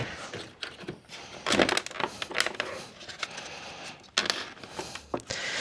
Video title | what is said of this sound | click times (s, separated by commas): Mercedes A‑Class W177 transformed with aftermarket Panamericana Grill | That was a satisfying click, wasn't it? There we go. | 4.2 s